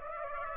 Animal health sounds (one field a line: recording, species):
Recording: mosquito wingbeat signal from an infrared sensor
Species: Aedes aegypti